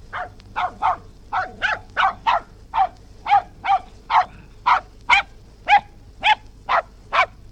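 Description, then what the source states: West Highland white terrier barking in a rapid, steady series of many sharp, high yaps. Recorded outdoors; dog barking.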